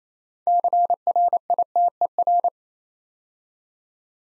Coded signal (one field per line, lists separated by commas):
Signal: Morse code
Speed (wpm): 27 wpm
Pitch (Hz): 700 Hz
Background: none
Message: CRITER